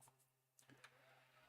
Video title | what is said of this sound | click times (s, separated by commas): T3DP Live Mingda Magician X2 is it magical? | that just clicks into place right there | 0.6 s